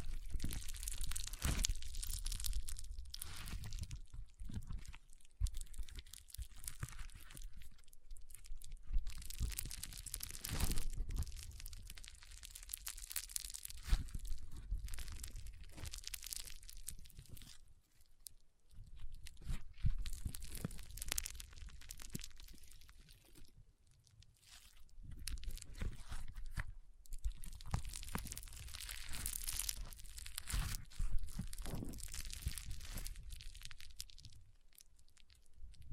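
Foam being squeezed and rubbed in a powerful massage, with dense crunching and crinkling that comes in long bursts. The sound is bright and hissy with a low thumping underneath, dropping to near silence briefly around 18 and 24 seconds before resuming.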